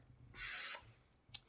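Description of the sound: A soft, airy hiss lasting about half a second, then a faint click: the working sound of an implanted medical device in an adult with a history of pulmonary embolism (blood clots in the lungs). The hiss is heard from time to time, and the device keeps the person alive.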